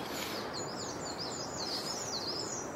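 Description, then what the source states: Crested tit giving repeated very high, rapid trilled notes over steady background hiss. Very high-pitched trill likened to a marble bouncing quickly on tiles; bird flying overhead in a forest of over 10,000 hectares.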